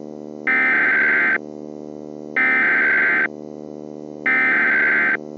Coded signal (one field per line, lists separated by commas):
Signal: Emergency Alert System (SAME) tones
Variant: header bursts